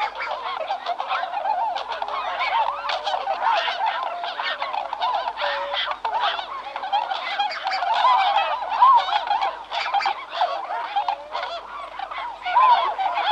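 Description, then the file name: Bewick's swan chorus, continuous overlapping honking and bugling notes from many birds. "Bewick's Swan (Cygnus columbianus)"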